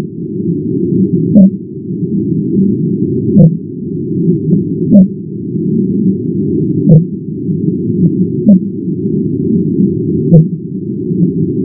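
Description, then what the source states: Fin whale calls, accelerated, short pulses repeating roughly every one and a half to two seconds over constant low-frequency noise. Calls, sped up ten times.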